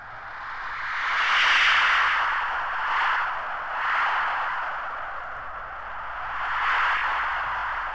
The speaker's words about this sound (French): La machine à vent.